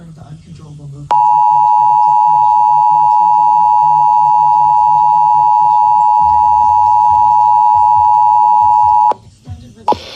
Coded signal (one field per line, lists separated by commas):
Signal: Emergency Alert System (SAME) tones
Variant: 853 and 960 Hz attention tone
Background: speech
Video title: Pennsylvania Statewide Required Monthly EAS Test for July 2025 (7/17/25)